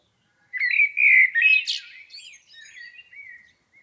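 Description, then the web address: Blackbird singing one sustained phrase: loud mellow whistles rising into a high squeak, then fading into quieter twittering notes. "Environmental chamber testing blackbird"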